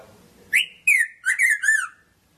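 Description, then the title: Red-throated parrotfinch: a short series of thin, downslurred notes, each a little lower than the last. "Erythrura Psittacea"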